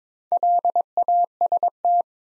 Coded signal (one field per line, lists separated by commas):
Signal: Morse code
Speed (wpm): 21 wpm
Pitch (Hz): 700 Hz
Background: none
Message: LAST